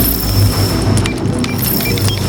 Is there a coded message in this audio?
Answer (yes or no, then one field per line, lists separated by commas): no